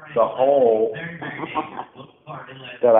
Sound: laugh